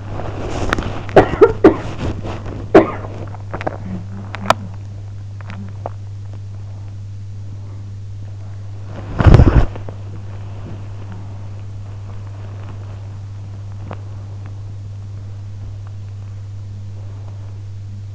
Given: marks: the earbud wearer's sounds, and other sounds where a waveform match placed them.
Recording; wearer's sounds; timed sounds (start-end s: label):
sounds in sleep by an in-ear microphone; body movement
0.00-18.15 s: body movement